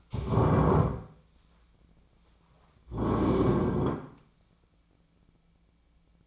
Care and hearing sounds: daily activity, microphone in the room; stand up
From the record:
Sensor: 1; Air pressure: 1009.3 hPa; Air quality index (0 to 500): 177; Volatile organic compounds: 3 ppm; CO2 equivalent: 1494 ppm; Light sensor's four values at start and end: 40/107/44/52 and 37/99/41/48

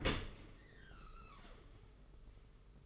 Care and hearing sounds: daily activity, microphone in the room; open dishwasher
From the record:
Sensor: 4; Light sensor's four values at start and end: 23/78/28/30 and 23/78/28/30

